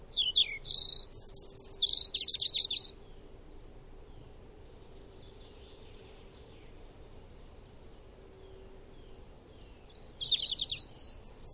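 Bird calls: bursts of sharp, high chirps and quick twittering notes during the first three seconds, a quiet stretch with a low hum, then more chirps near the end.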